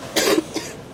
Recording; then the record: coughing mixed with background sound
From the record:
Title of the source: 55 gaggy wet cough